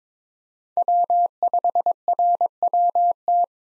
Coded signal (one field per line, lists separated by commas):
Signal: Morse code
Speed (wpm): 22 wpm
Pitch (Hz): 700 Hz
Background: none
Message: W5RWT